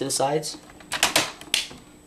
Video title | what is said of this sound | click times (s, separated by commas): Universe Unicron | and if you hear the snapping that's the pegs going into the holes of his arms | 1.0 s, 1.2 s, 1.5 s